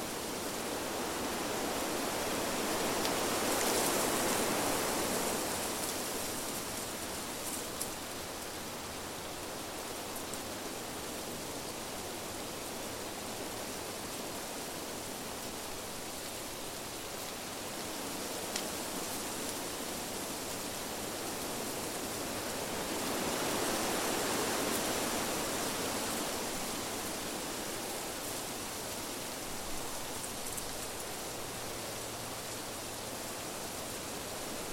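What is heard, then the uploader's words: A steady wind blows through leaves, making a dense, airy rustle that never stops. It swells into louder gusts around five seconds and again near twenty-four seconds, then settles back. Faint crisp ticks of leaves show here and there. Wind and Rustling Leaves Sound. A cool autumn wind blows steadily, rustling the leaves and sending them drifting to the ground.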